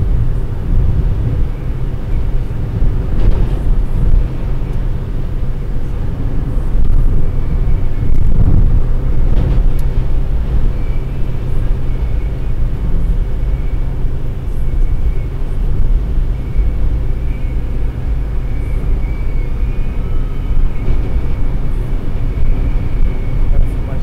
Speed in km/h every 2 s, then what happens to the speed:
131, 131, 131, 132, 131, 131, 131, 130, 129, 128, 127, 127.
0-24 steady at about 131.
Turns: none.